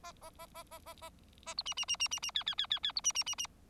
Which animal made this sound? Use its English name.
Bengalese Finch